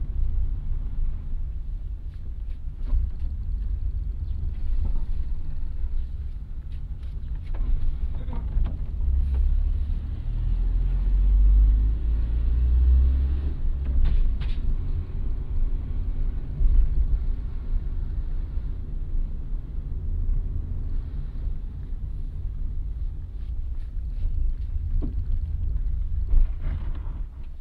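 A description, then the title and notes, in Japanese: A car drives toward a farm stand, its steady low engine rumble filling the whole clip. The drone swells a little around the middle, near the ten to thirteen second mark. Short knocks and rattles come through at irregular moments. 環境音 直売所へ店出し。直売所へクルマで向かう。クルマの運転時間長め。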